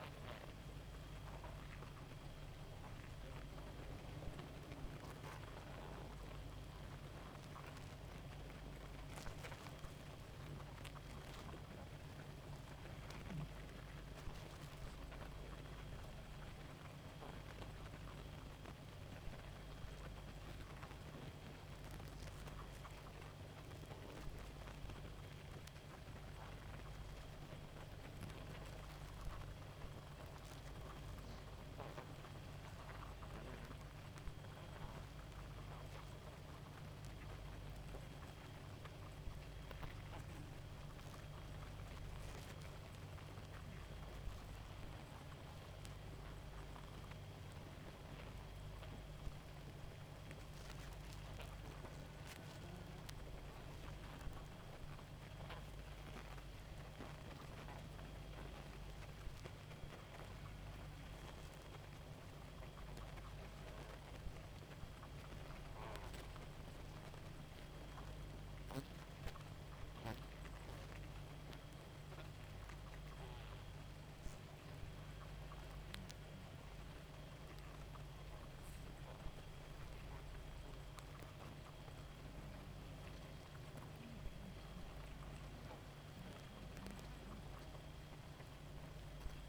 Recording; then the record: honeybee colony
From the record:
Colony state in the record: active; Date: 28 July 2017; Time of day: 0:41